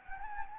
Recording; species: mosquito wingbeat signal from an infrared sensor; Anopheles gambiae